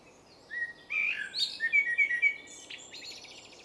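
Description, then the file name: Eurasian blackbird phrase: mellow whistles and squeaky notes, then a fast, buzzy high twittering flourish at the end. "Turdus merula"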